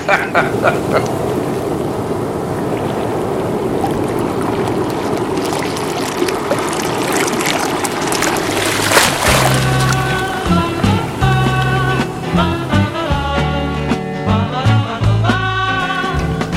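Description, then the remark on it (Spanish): A steady hissing wash of seawater recorded at the shore fills the first half, rough and continuous, before music with a thumping bass line and bright melodic notes comes in over it. “O aún, para la radio sería mejor un registro de audio. Porque acordate que nosotros acá no tenemos qué, me dice, no tenemos mar.”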